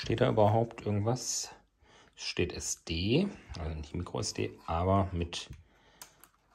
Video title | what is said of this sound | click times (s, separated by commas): K&F Wildkamera - Unboxing & Ersteindruck mit 4K, 48MP uvm. | Okay, man hört es klicken und | 6.0 s, 6.2 s